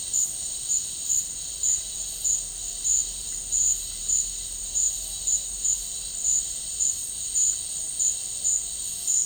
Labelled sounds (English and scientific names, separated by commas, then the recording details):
none
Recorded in dense forest near Puerto Asís, Putumayo, Colombia, on 12 March 2025 at 14:30
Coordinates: 0.485, -76.318
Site G056